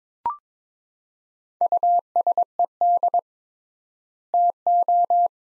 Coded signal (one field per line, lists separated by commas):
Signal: Morse code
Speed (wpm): 22 wpm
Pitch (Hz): 700 Hz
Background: none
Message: USED TO